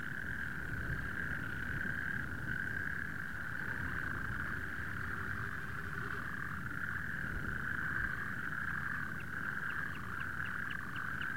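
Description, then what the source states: Natterjack toad chorus: steady, overlapping rattling trills that run unbroken throughout, with a low rumbling wind-like noise underneath. More than one natterjack toad.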